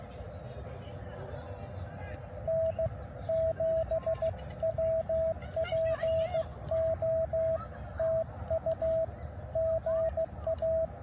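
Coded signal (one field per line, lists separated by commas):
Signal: Morse code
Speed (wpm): 16 wpm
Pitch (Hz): 660 Hz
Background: none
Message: N7WPO TU GA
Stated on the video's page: Morse code from a park activation, US-3548 Rio de Los Angeles State Park.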